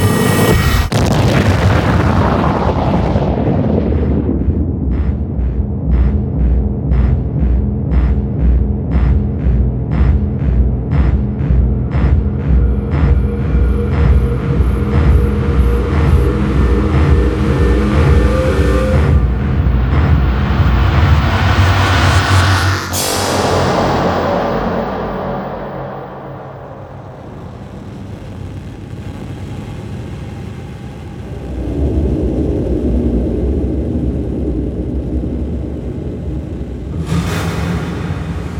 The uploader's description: futuristic ambiences, transitions, sequences, SFX, drones and impacts